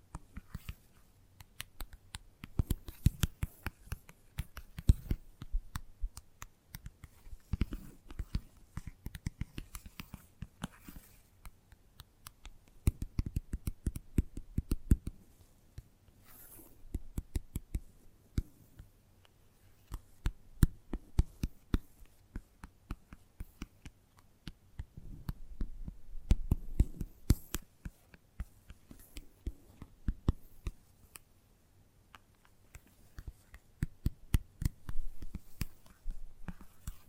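Gentle tapping: soft, dull taps in irregular clusters, dense for a few seconds and then easing off, with short quiet gaps between bursts. The sound sits mostly low, with faint dry clicks on top and a slight scratchy, writing-like texture in places.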